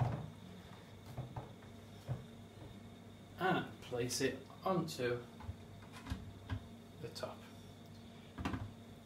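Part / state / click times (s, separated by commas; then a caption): blender jug onto motor base / seated / 8.4 s. Someone talks while the jug of a Ninja BL492UK 2.1 litre blender is placed on top of its motor base and turned clockwise to lock. A small click is heard at 8.5 s as the jug twist-locks into place, seated on the base.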